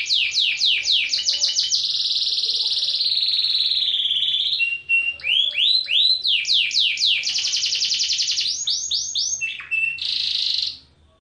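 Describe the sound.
Bird singing vigorous mixed phrases: quick downswept notes, a sustained buzzy whistle, rapid trills and a final fluttering burst before fading out.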